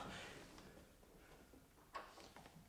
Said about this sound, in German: Da. Die Tür geht auf.